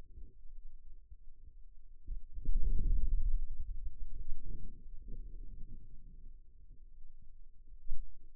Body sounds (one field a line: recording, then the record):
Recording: forearm muscle sounds (acoustic myography)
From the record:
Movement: hand closing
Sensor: system 2, bracelet of six BSWA MPA416 microphones around the upper forearm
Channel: 5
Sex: male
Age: 22 years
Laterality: right